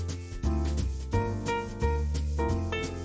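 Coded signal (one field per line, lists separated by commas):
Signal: none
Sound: music beeps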